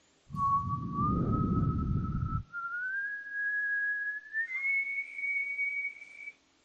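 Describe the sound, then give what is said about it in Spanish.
A soft, gentle whistle holds one long steady tone that climbs slowly in pitch in a few small steps, over a low rumble at first, then continues alone until it fades. “Pero lo encontré, te lo voy a decir como dice la Reina Valera del 60, en un silbido apacible y delicado.”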